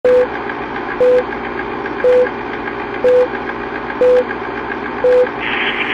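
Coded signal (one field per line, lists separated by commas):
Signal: none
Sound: a radio's roger beep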